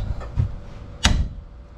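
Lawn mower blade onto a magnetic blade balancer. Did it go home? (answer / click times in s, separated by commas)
yes / 1.0 s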